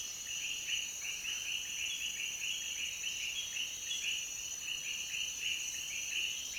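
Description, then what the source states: Frog chorus of short, bright notes repeated rapidly and overlapping, over a steady high-pitched insect-like hiss throughout. Frog chorus recorded in Peru.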